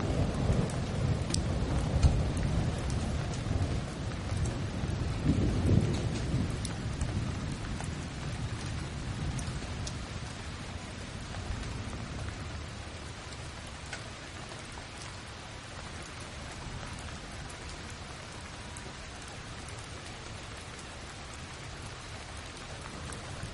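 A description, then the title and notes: Soft thunder rumbles low and deep through the first seven seconds or so, then slowly fades away. Steady rain hisses underneath the whole time, with scattered drips ticking on a surface, and the scene settles quieter toward the end. Soft Thunder Rumbles.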